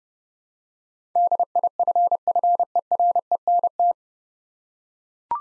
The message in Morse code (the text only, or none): DIFFERENT